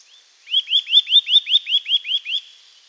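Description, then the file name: Eurasian nuthatch in a steady series of about ten rising whistled notes, evenly spaced, loud and clear over a quiet background. "Sitta europaea"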